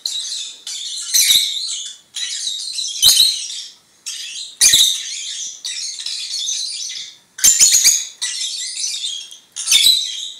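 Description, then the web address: Lovebird chatter: harsh, buzzy high twittering in bursts of about one to three seconds, broken by short gaps and sharp squeaks. "penie popugajchikov nerazluchnikov. parrots agapornis"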